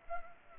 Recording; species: mosquito wingbeat signal from an infrared sensor; Culex pipiens